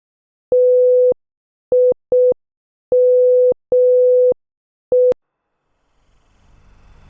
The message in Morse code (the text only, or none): TIME